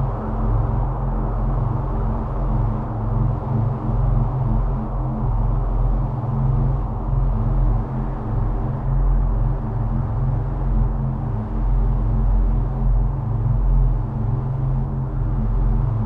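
A spaceship apartment hums with a steady, dense low rumble and layered drones, unchanging throughout, with a faint soft hiss above.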